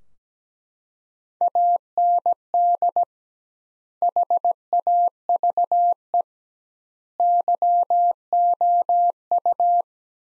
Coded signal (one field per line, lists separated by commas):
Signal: Morse code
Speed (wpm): 17 wpm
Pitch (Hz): 700 Hz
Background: none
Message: AND HAVE YOU